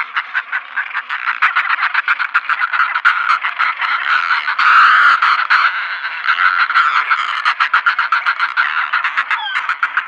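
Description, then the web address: Northern Fulmar giving fast, harsh cackles, dense rattling pulses that swell to a louder grating outburst midway, then continue as chattering runs. "Schulze Peter Northern Fulmar"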